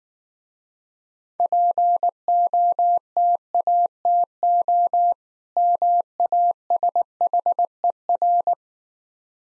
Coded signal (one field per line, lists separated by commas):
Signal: Morse code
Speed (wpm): 19 wpm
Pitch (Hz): 700 Hz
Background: none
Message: POTATO MASHER